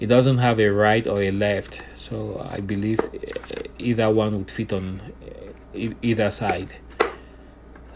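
Someone talks while fitting the cup of a 3M PELTOR earmuff hearing protector, pushing it down onto the headband yoke fitting. A sharp plastic click at 7.0 s shows the cup has snapped into place on the headband.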